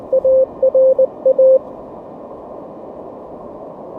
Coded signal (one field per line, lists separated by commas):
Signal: Morse code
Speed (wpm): 21 wpm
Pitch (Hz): 500 Hz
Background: none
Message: ARA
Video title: Handheld QRP DX! Testing K6ARK's KH1 Pressure Paddles on Bearwallow Mountain.